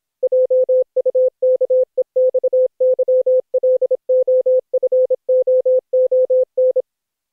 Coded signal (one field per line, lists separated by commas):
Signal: Morse code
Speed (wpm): 27 wpm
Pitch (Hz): 510 Hz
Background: none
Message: JUKE XYLOFOON